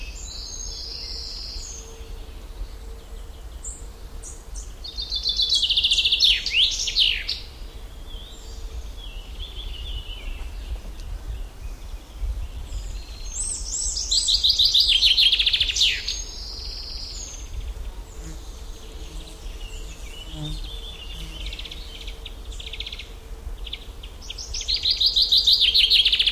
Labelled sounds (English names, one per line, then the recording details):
Common Chaffinch song
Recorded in the wild
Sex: male
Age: adult
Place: Schildow, NSG, Kalktuffgelände am Tegeler Fließ (NSG Schildow), Berlin, DE
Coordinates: 52.64, 13.39
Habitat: forest
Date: 1992-06-21 10:20
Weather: sunny, 22 °C, strengthening winds
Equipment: Marantz CP 430, Sennheiser ME 80, Kopie Tesla B 116
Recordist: Tembrock, Günter